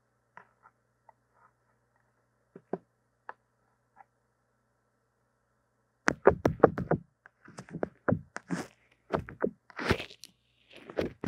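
Brushing and tapping on a wired microphone. The first six seconds hold only sparse, faint ticks and light taps; after that come dense, loud bursts of scratchy brushing and knocks, some quite bright and crisp, over a faint low hum.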